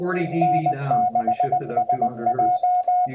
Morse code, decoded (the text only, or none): N6SJ